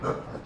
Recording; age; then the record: pig call; growing-finishing pig (85 days or more)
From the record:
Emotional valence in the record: positive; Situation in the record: run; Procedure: transit